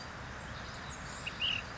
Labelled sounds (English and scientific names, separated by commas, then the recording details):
Ash-throated Flycatcher (Myiarchus cinerascens)
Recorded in Sonoma County, California